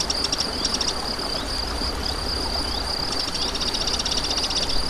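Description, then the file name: Crickets trill steadily at a high pitch, with rapid clicking bursts breaking in early and again after three seconds, above a rushing stream. Crickets recorded beside a stream on 7 May 2014 with an MZ-N710 recorder. "MZ-N 710 Ruisseau et grillons 7 05 14"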